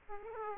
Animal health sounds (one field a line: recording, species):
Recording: mosquito wingbeat signal from an infrared sensor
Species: Aedes aegypti